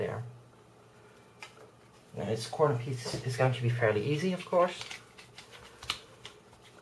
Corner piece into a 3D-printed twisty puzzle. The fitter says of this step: that just pops right in and now this final corner support this is the trickiest one